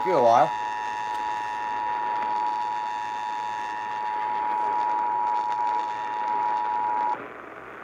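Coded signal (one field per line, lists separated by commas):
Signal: Emergency Alert System (SAME) tones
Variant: 853 and 960 Hz attention tone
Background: speech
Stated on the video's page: EAS tones for tornado, severe thunderstorm and flash flood warnings in North Central Texas, received on a Sangean CL-100 radio.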